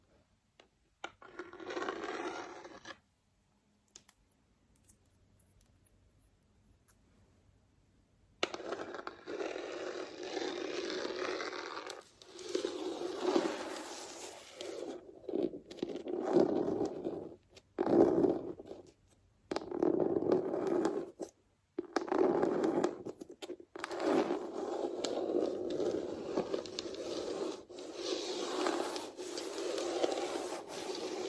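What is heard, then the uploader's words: Fake nails scratch a floor in rough bursts, a brief one early, then a long stretch of dense scraping broken by short pauses. ASMR Floor Scratching with Fake Nails.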